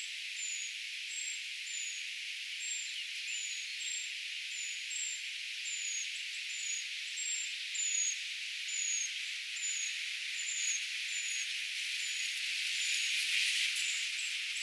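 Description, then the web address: Eurasian treecreeper calls: thin, very high, slightly falling notes repeated steadily, nearly two per second, over a soft hiss throughout. Brood of young calling, recorded 4 June 2025, identification tentative. "paivat 4 6 2025 tietaakseni puukiipijapesueen aantelya"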